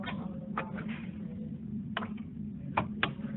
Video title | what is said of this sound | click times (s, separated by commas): Computer assignment | just push it down into the slot you're going to hear that snap | 2.8 s, 3.0 s